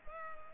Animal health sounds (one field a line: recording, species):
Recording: mosquito wingbeat signal from an infrared sensor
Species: Culex pipiens